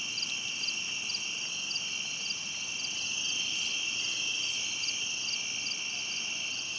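Cricket chorus: a steady, high-pitched trill in two layers, the upper one pulsing in quick, slightly uneven beats, over a faint background hiss.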